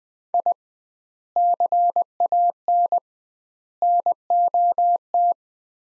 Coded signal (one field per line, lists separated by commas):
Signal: Morse code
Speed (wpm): 20 wpm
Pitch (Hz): 700 Hz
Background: none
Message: I CAN NOT